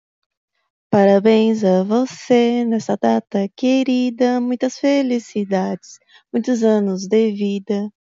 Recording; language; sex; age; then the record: short text; Brazilian Portuguese; female; 30 to 39 years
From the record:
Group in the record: control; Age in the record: 39 years